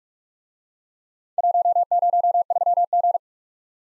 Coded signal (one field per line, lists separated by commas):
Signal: Morse code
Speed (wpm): 48 wpm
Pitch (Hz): 700 Hz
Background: none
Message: 103G